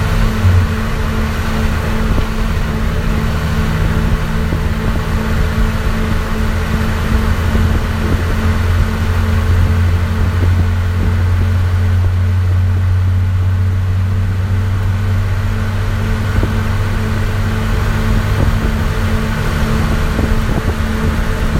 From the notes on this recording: the bus is really loud from the heaters to loud children to juice-boxes